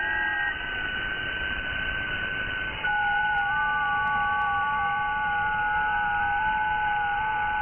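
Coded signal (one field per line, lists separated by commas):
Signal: FT8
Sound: several overlapping warbling tones over radio hiss, shifting slightly, with a change near 3 seconds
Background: radio static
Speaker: Inquietante, ¿verdad? La verdad es que el sonido del FT8 es muy característico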